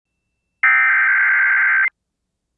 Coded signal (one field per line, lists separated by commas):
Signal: Emergency Alert System (SAME) tones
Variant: header bursts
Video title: EAS 54 Dust Storm Warning at Wed May 14 2025 9:09:04 PM